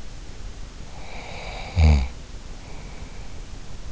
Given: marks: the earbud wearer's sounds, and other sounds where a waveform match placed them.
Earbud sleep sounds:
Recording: sounds in sleep by an in-ear microphone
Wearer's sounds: snoring breath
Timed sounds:
0.80-3.49 s: snoring breath

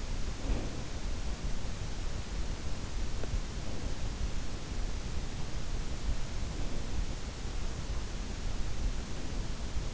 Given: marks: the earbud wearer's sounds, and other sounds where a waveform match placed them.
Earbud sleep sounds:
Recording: sounds in sleep by an in-ear microphone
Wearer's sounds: breath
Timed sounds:
0.00-1.09 s: breath

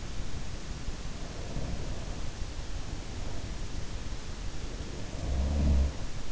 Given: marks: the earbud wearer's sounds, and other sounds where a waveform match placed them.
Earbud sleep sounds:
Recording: sounds in sleep by an in-ear microphone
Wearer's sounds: breath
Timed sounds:
1.16-3.94 s: breath
4.77-6.32 s: sound from someone else or the room

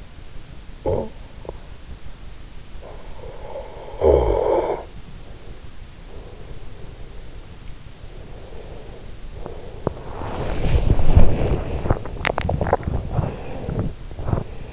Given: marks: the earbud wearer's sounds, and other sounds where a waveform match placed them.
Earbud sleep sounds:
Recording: sounds in sleep by an in-ear microphone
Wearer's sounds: snoring breath, body movement, swallowing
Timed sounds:
0.00-2.33 s: snoring breath
2.68-5.42 s: snoring breath
9.59-14.73 s: body movement
12.05-14.19 s: swallowing

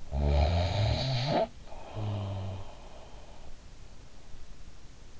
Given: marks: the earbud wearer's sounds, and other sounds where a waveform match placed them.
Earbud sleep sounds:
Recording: sounds in sleep by an in-ear microphone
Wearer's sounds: snoring breath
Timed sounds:
0.15-3.15 s: snoring breath

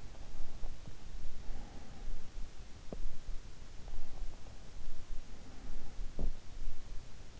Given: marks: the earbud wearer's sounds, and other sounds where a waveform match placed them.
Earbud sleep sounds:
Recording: sounds in sleep by an in-ear microphone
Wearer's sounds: breath, teeth grinding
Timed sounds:
0.45-3.21 s: breath
2.59-3.54 s: teeth grinding
4.84-6.78 s: breath
6.11-6.42 s: teeth grinding

